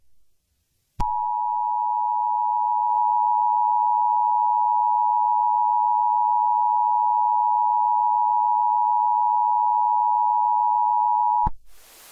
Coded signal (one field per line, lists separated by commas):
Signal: Emergency Alert System (SAME) tones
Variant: 853 and 960 Hz attention tone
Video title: EAS Scenarios #1 - BlazeFN